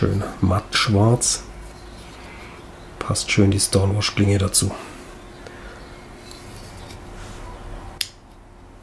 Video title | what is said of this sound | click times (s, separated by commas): Pro-Tech T501 Tactical Response 5 Auto S35VN - Werkzeug EDC Gear Tool | Rastet sauber ein. | 8.0 s